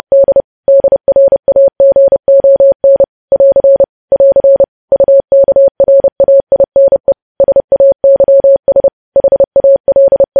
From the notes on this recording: Morse code